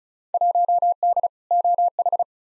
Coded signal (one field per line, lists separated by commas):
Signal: Morse code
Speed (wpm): 36 wpm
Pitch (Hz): 700 Hz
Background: none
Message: 1D OH